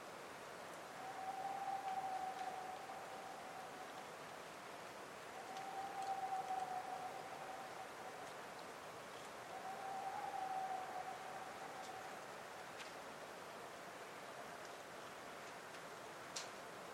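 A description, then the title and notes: A whiskered screech owl gives a soft, mid-pitched call about every four seconds, three times, each lasting over a second. A steady, even hiss fills the background, with a few faint high ticks toward the end. Cave Creek Canyon - Whiskered Screech Owl. At the South Fork Cave Creek Canyon Trailhead in the Chiricahua Mountains of SE Arizona, near Portal.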